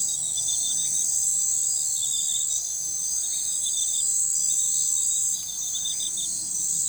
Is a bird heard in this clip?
no